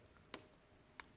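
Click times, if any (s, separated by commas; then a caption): 0.3 s, 1.0 s. The plastic waist joint of an action figure is clicked into its locking clip again, which keeps the figure from spinning on itself. Two sharp clicks are heard at 0.3 s and 1.0 s against a quiet background. The joint seats in place.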